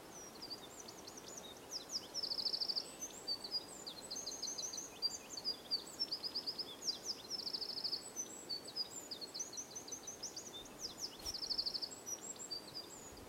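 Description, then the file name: Eurasian wren song: a long, fast outpouring of high, sharp notes with rattling trills against a steady background hiss. "Dmitry Kulakov - Krapivnik Troglodytes troglodytes"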